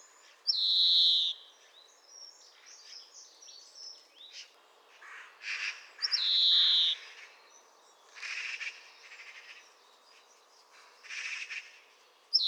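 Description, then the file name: European greenfinch calling with long, buzzy, nasal wheezes about six seconds apart, surrounded by brief twittering and chirping notes. "Chloris chloris"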